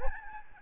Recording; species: mosquito wingbeat signal from an infrared sensor; Aedes albopictus